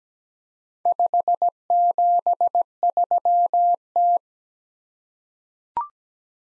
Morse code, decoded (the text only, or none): 573T